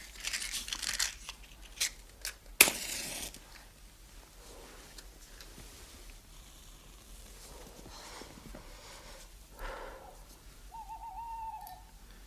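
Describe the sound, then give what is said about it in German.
An owl hoots, a steady drawn-out call near the end, after earlier bursts of crackling, tearing rustle against a quiet background with no talking. “Ist das eine Eule? Kreuzchen, glaube ich.”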